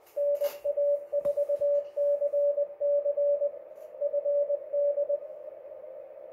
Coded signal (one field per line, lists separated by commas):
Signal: Morse code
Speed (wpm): 20 wpm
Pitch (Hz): 580 Hz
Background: radio noise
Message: NA4CC FD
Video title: 2019 CCARS CW Field Day Operation